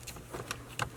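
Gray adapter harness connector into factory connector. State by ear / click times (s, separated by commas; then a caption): not seated / none. A second gray plastic adapter harness connector is handled and pushed toward its mating factory connector during an Apple CarPlay install in a 2017–2020 Honda CR-V. Faint plastic rustles and small taps are heard, with a sharper tick near 0.5 s and a brief louder clatter around 0.8 s. Nothing has seated or clicked yet.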